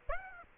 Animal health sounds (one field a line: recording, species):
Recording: mosquito wingbeat signal from an infrared sensor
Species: Aedes aegypti